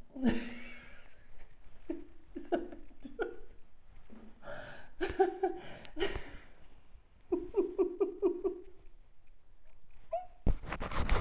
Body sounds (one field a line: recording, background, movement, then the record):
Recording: laughter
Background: quiet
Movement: sitting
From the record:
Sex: female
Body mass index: 21.8 kg/m2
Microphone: on the chest, facing outward